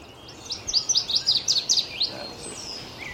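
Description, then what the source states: Northern Waterthrush song: loud, rapid chirping notes repeated in a series, dropping lower toward the end, with soft background birds and ambient noise. Singing in bushes at a marsh at sunrise in spring; loud chirping song descending in pitch.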